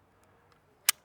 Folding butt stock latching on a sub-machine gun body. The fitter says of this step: then this latches locks in place